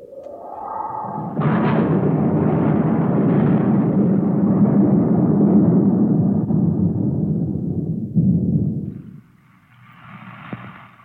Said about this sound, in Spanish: En efecto, apenas partió el criado, comenzó a caer un aguacero incontenible.